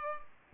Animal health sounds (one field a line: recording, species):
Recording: mosquito wingbeat signal from an infrared sensor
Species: Culex pipiens